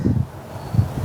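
A replacement wiring connector on the starter solenoid and rectifier harness of an XRV750 motorcycle is pushed into its holder on the frame, producing only faint, dull low-frequency thumps near the start and around 0.8 s over a soft, wind-like rumble. The connector does not lock in, and nothing has seated or clicked.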